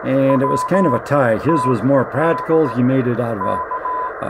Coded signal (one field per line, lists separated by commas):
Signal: Morse code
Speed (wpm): 17 wpm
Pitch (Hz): 1010 Hz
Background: speech, radio noise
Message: WTD K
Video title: My radio shack